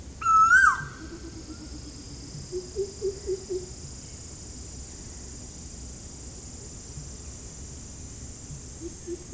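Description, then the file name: Asian koel uttering one bold rising whistled note at the outset, followed by soft low notes amid light background hiss. Recorded at Ezhimala, Kannur, Kerala. "Asian Koel Eudynamys scolopaceus from Ezhimala Kannur Kerala"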